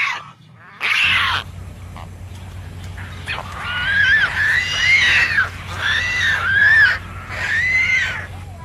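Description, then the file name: Pelican calls: hoarse, harmonic squealing cries that rise and fall, several in a run, over a steady low hum. "canto do pelicano"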